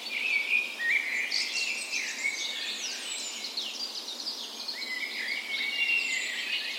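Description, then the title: Birds: dawn chorus of many birds, dense overlapping high twittering and whistled phrases filling the whole stretch without pause. Spring dawn chorus on the morning of 17 May, Norway's National Day, in a park west in Bergen, Norway; recorded with a Sony PCM A10 and LOM micro Usi mics as tree ears. "17th Of May Dawn Chorus"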